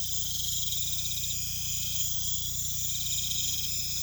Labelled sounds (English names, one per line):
none